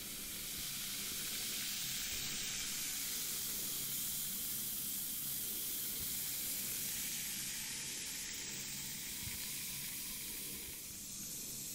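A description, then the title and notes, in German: Fizzing water hisses steadily for the whole stretch, a dense, bright crackle of tiny bubbles that holds almost the same loudness throughout. Beneath it runs a faint low rumble, and the fizz eases only slightly in the last second. Sprudel Geräusche und ein Bath Crumble Fail. Brausetabletten.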